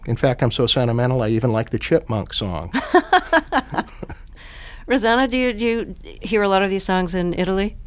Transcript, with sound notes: In fact, I'm so sentimental, I even like "The Chipmunks Song."
(Laughter) Rossano, do you hear a lot of these songs in Italy?